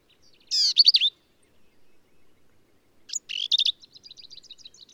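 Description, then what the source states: Black-capped vireo song: two emphatic, scratchy warbled phrases about two seconds apart, the second trailing into a string of soft high notes. Male, one individual, singing at Kerr Wildlife Management Area, Hunt, Texas hill country; endangered species; phrases sung alone, truncated, embellished or run together in a lively, emphatic performance.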